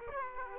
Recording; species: mosquito wingbeat signal from an infrared sensor; Aedes aegypti